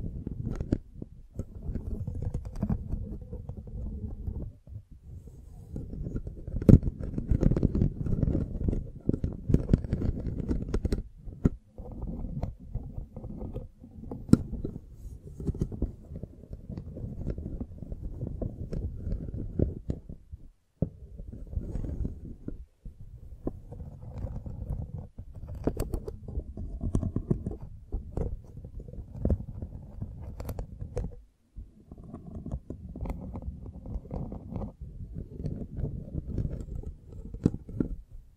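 A microphone being brushed and scratched, producing dense, low rumbling scrapes that run almost continuously for the whole stretch. The rubbing comes in bursts of varying strength, with brief near-silent gaps around 12, 20 and 31 seconds and occasional sharp clicks.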